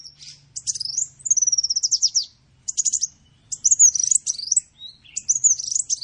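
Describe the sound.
Bird song of varied high chirps, fast stuttering trills and twisting whistled notes in short bursts with brief pauses.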